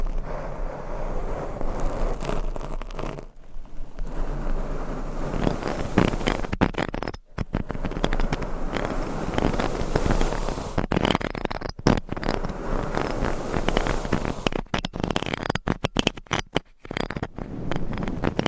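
Scratching and brushing across microphones, a dense, rough rasping that runs almost without pause. Strokes blur together into a steady scraping texture, broken by brief silent gaps near 3.5, 7, 12 and 17 seconds, with sharper scratchy bursts between.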